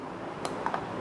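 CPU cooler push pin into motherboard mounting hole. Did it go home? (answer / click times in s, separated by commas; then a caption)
no / none. A CPU cooler's plastic push pin is pressed down into a motherboard mounting hole. Short, sharp ticks at about 0.5, 0.7, 0.7 and 1.0 seconds stand out over a steady low hiss. The clip ends just before the pin goes home, and nothing has seated or clicked yet.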